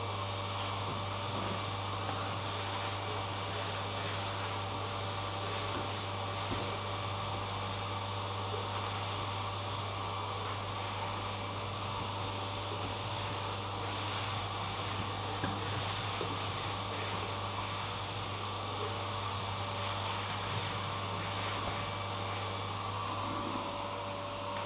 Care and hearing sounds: daily activity, microphone in the room; vacuum cleaning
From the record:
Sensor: 1

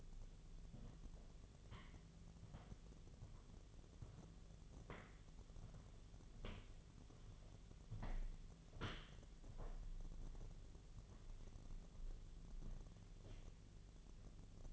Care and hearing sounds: daily activity, microphone in the room; walk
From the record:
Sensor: 4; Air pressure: 1009.2 hPa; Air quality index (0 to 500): 169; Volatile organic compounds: 4 ppm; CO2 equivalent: 1696 ppm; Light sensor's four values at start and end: 25/77/29/29 and 25/76/29/28

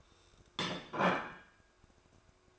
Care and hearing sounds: daily activity, microphone in the room; place plate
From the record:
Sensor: 2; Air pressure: 1004.2 hPa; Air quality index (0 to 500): 189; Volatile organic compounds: 11 ppm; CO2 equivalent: 2265 ppm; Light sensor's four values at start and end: 4/9/3/4 and 4/9/3/4

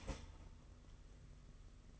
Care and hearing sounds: daily activity, microphone in the room; start toaster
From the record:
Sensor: 4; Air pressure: 992.4 hPa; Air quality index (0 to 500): 144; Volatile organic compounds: 83 ppm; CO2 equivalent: 3629 ppm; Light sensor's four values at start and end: 18/61/22/23 and 18/62/22/23

